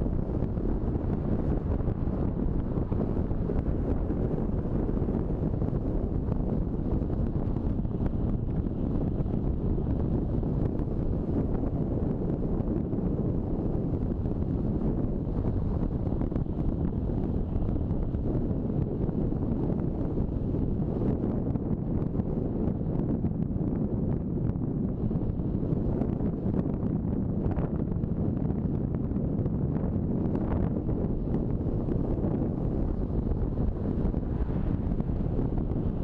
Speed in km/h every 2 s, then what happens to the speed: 42, 42, 40, 40, 39, 38, 37, 36, 36, 35, 34, 33, 33, 32, 31, 31, 30, 29.
0-36 slows to 29.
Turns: none.